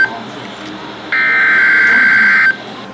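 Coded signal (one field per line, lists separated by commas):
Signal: Emergency Alert System (SAME) tones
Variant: header bursts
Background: speech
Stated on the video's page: Severe thunderstorm warning received on NOAA Weather Radio, with relays by broadcast stations.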